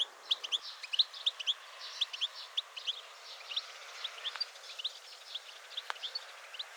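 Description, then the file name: European goldfinch calls: tinkling, liquid notes repeated several times a second in a steady, lively stream, with a few sharp clicks. "Carduelis carduelis"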